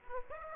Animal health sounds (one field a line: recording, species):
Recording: mosquito wingbeat signal from an infrared sensor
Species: Aedes aegypti